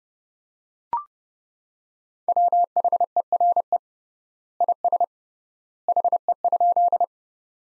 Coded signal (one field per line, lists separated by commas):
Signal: Morse code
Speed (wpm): 30 wpm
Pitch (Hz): 700 Hz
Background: none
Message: WHERE IS HE?